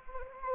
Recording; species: mosquito wingbeat signal from an infrared sensor; Anopheles gambiae